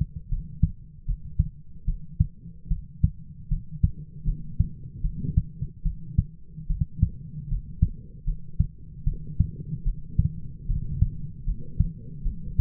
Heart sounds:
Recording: heart sounds by stethoscope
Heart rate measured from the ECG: 75 bpm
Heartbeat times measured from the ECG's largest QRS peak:
0.29 s: heartbeat
1.06 s: heartbeat
1.85 s: heartbeat
2.68 s: heartbeat
3.49 s: heartbeat
4.25 s: heartbeat
5.02 s: heartbeat
5.83 s: heartbeat
6.67 s: heartbeat
7.48 s: heartbeat
8.25 s: heartbeat
9.04 s: heartbeat
9.84 s: heartbeat
10.67 s: heartbeat
11.44 s: heartbeat
12.23 s: heartbeat
From the record:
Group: healthy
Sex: female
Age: 22 years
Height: 161 cm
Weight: 65.5 kg

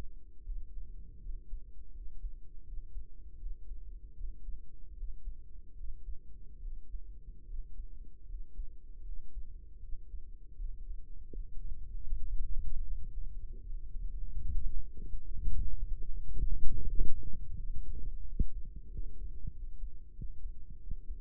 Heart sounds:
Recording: heart sounds by microphone in the right ear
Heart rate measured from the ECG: 80 bpm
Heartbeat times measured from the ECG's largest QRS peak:
0.42 s: heartbeat
1.20 s: heartbeat
1.91 s: heartbeat
2.63 s: heartbeat
3.36 s: heartbeat
4.14 s: heartbeat
4.94 s: heartbeat
5.74 s: heartbeat
6.58 s: heartbeat
7.44 s: heartbeat
8.25 s: heartbeat
9.02 s: heartbeat
9.78 s: heartbeat
10.55 s: heartbeat
11.29 s: heartbeat
12.05 s: heartbeat
12.82 s: heartbeat
13.60 s: heartbeat
14.42 s: heartbeat
15.26 s: heartbeat
16.08 s: heartbeat
16.85 s: heartbeat
17.56 s: heartbeat
18.24 s: heartbeat
18.89 s: heartbeat
19.52 s: heartbeat
20.13 s: heartbeat
20.77 s: heartbeat
From the record:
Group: healthy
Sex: male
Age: 35 years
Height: 178 cm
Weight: 64 kg

